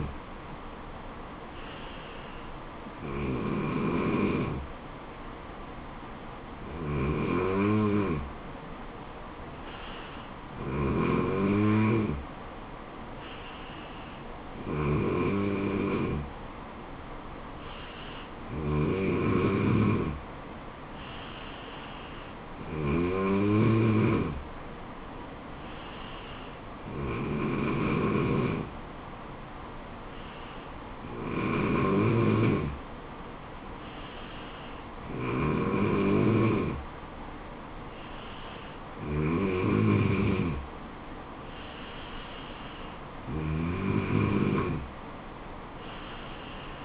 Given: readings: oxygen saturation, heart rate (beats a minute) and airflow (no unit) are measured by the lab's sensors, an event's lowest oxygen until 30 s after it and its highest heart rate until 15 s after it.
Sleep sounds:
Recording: breathing in sleep by a voice recorder at the bedside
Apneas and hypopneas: none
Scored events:
none scored
From the record:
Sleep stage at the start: N3 (deep sleep)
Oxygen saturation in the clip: 94 to 95%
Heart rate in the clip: 69 to 76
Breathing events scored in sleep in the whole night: 426 in 7.4 hours asleep

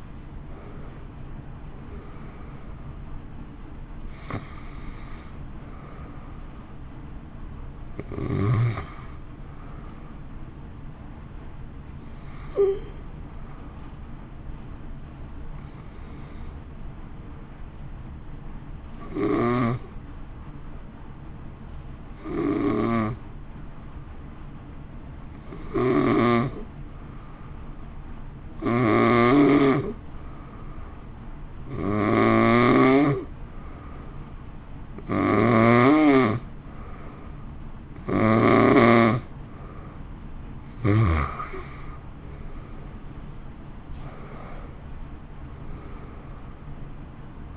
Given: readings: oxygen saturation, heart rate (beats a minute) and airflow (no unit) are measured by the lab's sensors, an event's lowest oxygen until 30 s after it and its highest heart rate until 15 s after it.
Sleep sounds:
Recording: breathing in sleep by a smartphone at the bedside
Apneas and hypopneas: 1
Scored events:
11.00-35.50 s: hypopnea (N2, oxygen 94% highest, then 89% lowest)
From the record:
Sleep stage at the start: N2 (light sleep)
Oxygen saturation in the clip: 89 to 94%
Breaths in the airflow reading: 13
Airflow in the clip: -1.9 to 2.6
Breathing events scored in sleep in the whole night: 328 in 6.3 hours asleep

